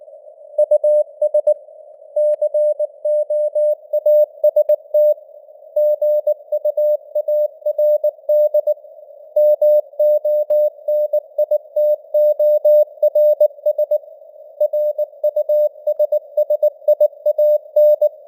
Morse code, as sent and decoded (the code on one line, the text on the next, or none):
..- ... / -.-. --- .- ... - / --. ..- .- .-. -.. / -- --- -. .. - --- .-. ... / .-. ..- ... ... .. .- -.
US COAST GUARD MONITORS RUSSIAN